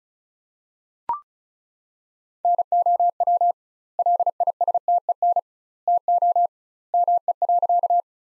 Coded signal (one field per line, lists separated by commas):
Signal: Morse code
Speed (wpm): 34 wpm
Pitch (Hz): 700 Hz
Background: none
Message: NOW LISTEN TO ME.